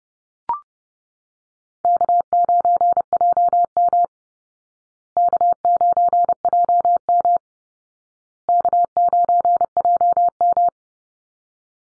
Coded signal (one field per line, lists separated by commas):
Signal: Morse code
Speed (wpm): 30 wpm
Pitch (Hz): 700 Hz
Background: none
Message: K9JM K9JM K9JM